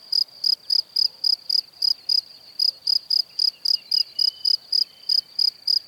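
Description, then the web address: Cricket chirping song: short, high, pulsed chirps repeated about four times a second, with a faint thin whistle in the background. "Kurs PTTK Przyroda Ptaki Świerszcze"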